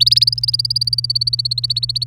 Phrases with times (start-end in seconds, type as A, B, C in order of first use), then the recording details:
0.00-2.04 A. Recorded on 29 April 2018 at 06:02. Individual llb3